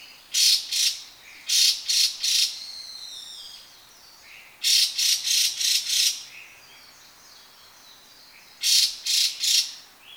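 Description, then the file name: Chinese hwamei giving harsh, rasping calls in bursts of two to five notes, four bursts in all, with faint whistled notes sliding between the second and third bursts. "gabicho"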